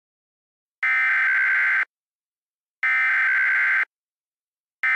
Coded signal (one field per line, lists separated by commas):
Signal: Emergency Alert System (SAME) tones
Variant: header bursts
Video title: Horrorlings Part 1: Origin (Halloween EAS Scenario)